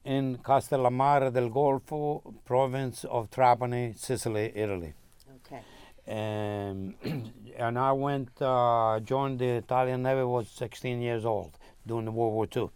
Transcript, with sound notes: In Costa La Mar del Gulfo, province of Trappany, Sicily, Italy.
Okay.
And, (clears throat) and I went uh, joined the Italian navy, I was sixteen years old, during World War II.